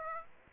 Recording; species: mosquito wingbeat signal from an infrared sensor; Aedes aegypti